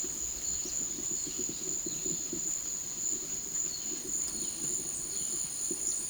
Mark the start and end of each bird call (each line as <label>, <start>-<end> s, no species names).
bird call, 4.40-6.08 s